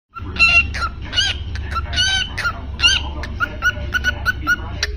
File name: Cockatiel